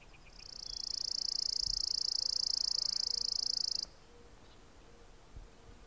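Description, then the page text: Chipping sparrow song, one steady, mechanical trill of rapid high chips swelling in and running about three and a half seconds before stopping abruptly. "Richard E Webster - Малая воробьиная овсянка (Spizella passerina)"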